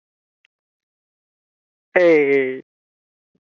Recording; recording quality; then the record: sustained vowel as in made; poor, much background noise or distortion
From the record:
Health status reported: healthy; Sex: male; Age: 26 years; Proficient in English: yes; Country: India